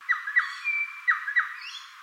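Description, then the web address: Bird call: four sharp descending whistled notes in two pairs, with a sustained thin whistle between them. Call, Australia. "Sound Effects-Foundation 1 BIRD AUS BIRD 08 CALL 02"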